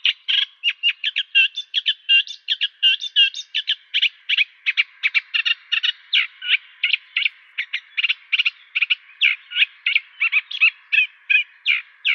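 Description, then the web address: Eurasian reed warbler singing a continuous, rapid churring chatter of harsh clicks and short whistles. "Schulze Peter Reed Warbler song"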